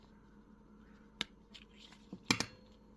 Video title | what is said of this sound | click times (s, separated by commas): Aibo ERS-220 Neck Potentiometer Cleaning Procedure | and you may have heard it pop just now | 1.2 s, 2.3 s